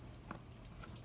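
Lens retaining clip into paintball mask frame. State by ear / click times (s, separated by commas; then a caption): seated / 0.3 s. A lens retaining clip is pushed into the frame of a VForce Grills paintball mask until it clicks in at 0.3 s, a short sharp click over a steady low background hum. A fainter tick follows at 0.8 s, and the clip is seated.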